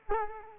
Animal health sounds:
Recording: mosquito wingbeat signal from an infrared sensor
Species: Culex quinquefasciatus

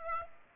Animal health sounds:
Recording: mosquito wingbeat signal from an infrared sensor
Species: Aedes aegypti

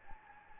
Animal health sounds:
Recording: mosquito wingbeat signal from an infrared sensor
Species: Anopheles gambiae

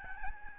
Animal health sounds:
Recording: mosquito wingbeat signal from an infrared sensor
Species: Aedes albopictus

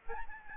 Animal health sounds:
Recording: mosquito wingbeat signal from an infrared sensor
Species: Aedes albopictus

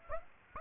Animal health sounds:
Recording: mosquito wingbeat signal from an infrared sensor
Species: Aedes aegypti

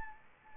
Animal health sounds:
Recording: mosquito wingbeat signal from an infrared sensor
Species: Anopheles arabiensis

